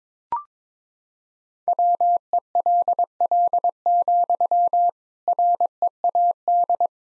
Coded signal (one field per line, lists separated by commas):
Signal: Morse code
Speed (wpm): 21 wpm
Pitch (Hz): 700 Hz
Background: none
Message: WELL, READ